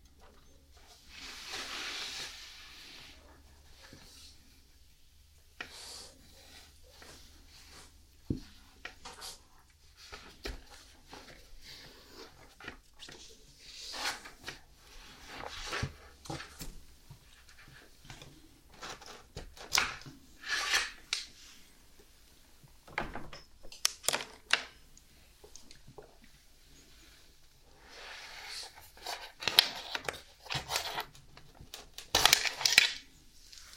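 A cat named Lenny is brushed in short, bristly strokes that come in irregular bursts, busier toward the end, over a low steady hum.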